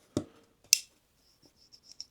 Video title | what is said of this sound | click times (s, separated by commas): ROCKTOL GEN-R 27-in-1 Review - The BEST Budget Multitool? | There's a click. | 0.7 s